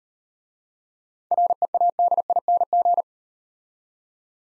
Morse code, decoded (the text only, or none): READING